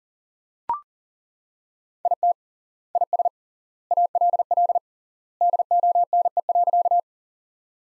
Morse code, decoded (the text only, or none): IT IS ALL DONE.